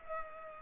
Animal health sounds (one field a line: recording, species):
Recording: mosquito wingbeat signal from an infrared sensor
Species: Culex pipiens